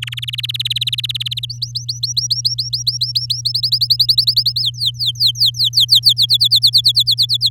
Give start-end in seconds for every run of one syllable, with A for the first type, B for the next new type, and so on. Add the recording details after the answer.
0.02-0.14 A, 0.17-1.45 B, 1.49-3.41 C, 3.45-4.61 D, 4.62-6.00 E, 6.03-7.49 F. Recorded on 8 May 2018 at 15:31. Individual llb16